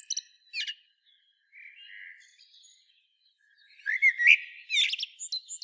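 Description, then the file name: Common blackbird song fragments: short high chirps, a soft low warble, then a louder phrase of fluty notes breaking into thin squeaky twittering. "Turdus merula"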